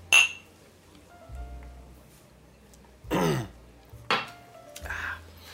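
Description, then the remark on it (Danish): Glasses clink together once in a toast, a short, bright ring at the start, followed by a few rough throat-clearing or coughing bursts and low rumbling sounds. “Så, nå, skål. Skål!”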